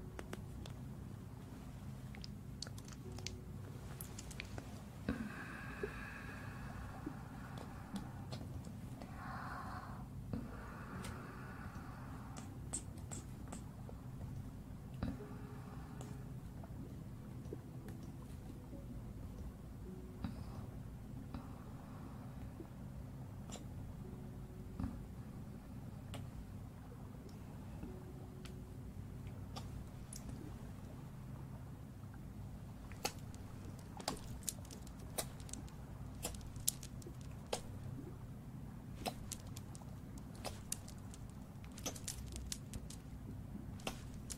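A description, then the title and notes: Ear cleaning and massage fill the clip with a steady low rumble and many sharp crackles and scratchy clicks, some clustered around 5 to 12 seconds with brief bright rubbing tones. The clicks grow denser and sharper from about 33 seconds to the end. ASMR Ear cleaning & Ear massage.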